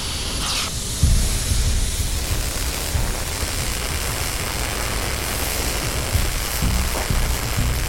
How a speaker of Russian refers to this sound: Открывает сумку и достает снаряжение для газосварки. Надевает сварочные очки, поджигает горелку и начинает распиливать трубу.